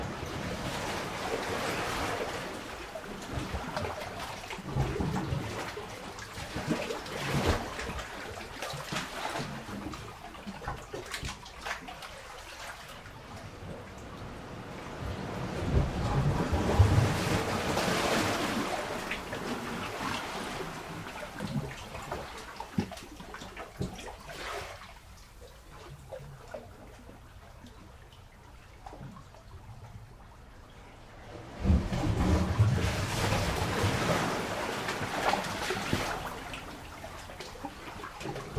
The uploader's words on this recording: The actual fill chamber was deep inside the rock and I was only ever able to record through a crevice that looked into it. We instead mostly hear the reverberant surges and splashes. It has a nice giant "chamber" feel without any direct slosh.